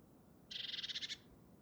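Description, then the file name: Great tit churring call: a single dry, buzzy rattle of about a dozen fast pulses lasting just over half a second, over faint background hiss. "Parus major"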